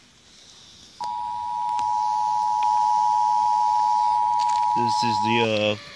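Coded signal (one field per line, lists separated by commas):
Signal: Emergency Alert System (SAME) tones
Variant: 853 and 960 Hz attention tone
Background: speech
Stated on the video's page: Los Angeles flash flood warning EAS alert, issued alongside a thunderstorm warning.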